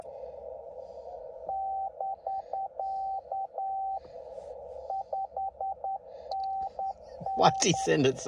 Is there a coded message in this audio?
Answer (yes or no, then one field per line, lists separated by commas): yes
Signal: Morse code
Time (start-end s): 1.5-7.9 s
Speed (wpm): 10 wpm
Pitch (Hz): 780 Hz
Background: speech, radio noise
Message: <BK> 5NN